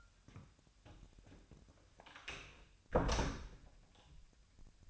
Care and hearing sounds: daily activity, microphone in the room; close door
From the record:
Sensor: 2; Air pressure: 1007.0 hPa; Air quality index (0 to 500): 194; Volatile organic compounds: 13 ppm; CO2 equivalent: 2384 ppm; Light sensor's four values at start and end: 10/24/10/10 and 10/23/10/10

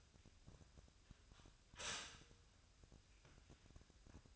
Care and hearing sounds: daily activity, microphone in the room; stop toaster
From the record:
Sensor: 2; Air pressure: 1001.8 hPa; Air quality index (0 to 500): 245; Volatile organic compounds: 36 ppm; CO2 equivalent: 3085 ppm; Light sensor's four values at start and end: 10/31/12/12 and 10/31/12/12

